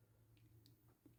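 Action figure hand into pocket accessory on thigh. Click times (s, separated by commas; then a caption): 0.7 s. An S.H.Figuarts Sanji action figure from One Piece, Best Selection Version, has its left hand pushed into the plastic pocket accessory on its thigh. Soft rubbing and squishy handling noises sit over a steady low hum until a short, sharp, high click at 0.7 s as the hand locks into the pocket slot and seats.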